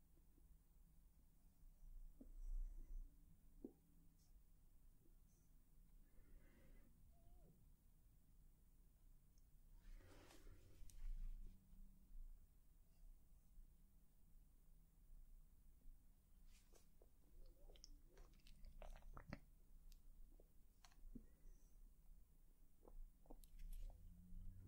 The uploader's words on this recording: ASMR Personal Attention For Sleep face brushing, face touching, lens tapping + more.